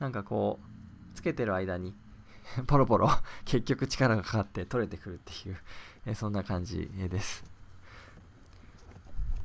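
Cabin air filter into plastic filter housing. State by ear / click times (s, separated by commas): not seated / none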